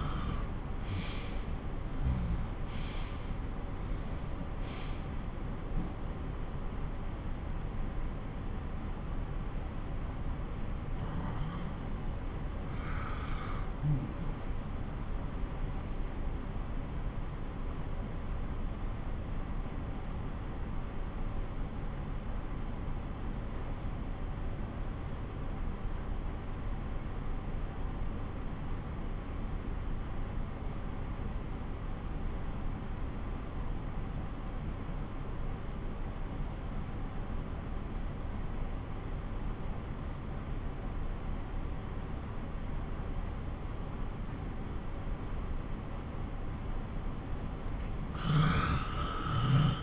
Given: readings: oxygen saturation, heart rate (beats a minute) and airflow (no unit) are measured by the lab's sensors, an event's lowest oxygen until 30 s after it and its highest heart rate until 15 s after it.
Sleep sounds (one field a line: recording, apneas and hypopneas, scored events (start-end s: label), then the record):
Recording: breathing in sleep by a smartphone at the bedside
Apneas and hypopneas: 1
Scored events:
5.00-45.80 s: obstructive apnea (N1, oxygen 97% highest, then 89% lowest)
15.00-49.83 s: new sleep stage, N2 (light sleep)
From the record:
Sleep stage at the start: N1 (lightest sleep)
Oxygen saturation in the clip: 90 to 97%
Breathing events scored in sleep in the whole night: 217 in 6.3 hours asleep